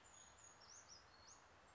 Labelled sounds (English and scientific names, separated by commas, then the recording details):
Brown Creeper (Certhia americana)
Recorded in Sonoma County, California